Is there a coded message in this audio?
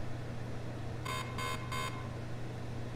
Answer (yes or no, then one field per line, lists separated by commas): no